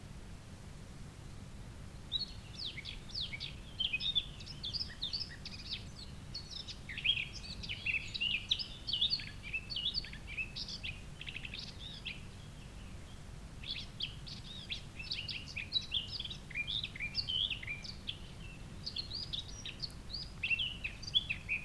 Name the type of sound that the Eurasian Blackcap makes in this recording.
song